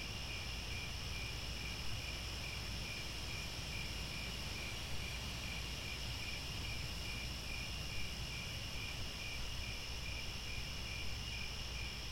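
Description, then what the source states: Steady cricket chorus of repeated pulsed chirps and high continuous buzzing, accompanied by low-frequency rumbling noise. Chorus of crickets at twilight as the sun descends, with stars overhead.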